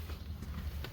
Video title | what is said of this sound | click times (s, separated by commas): How to replace a car fuse. | you'll hear a little click pop | 0.8 s